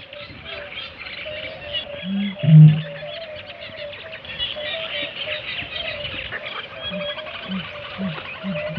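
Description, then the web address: Eurasian bittern producing one low hollow boom early on, with fainter low notes later amid steady twittering of other birds. "great bittern boom"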